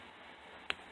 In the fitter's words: They should bend and lock in 3 positions. Click,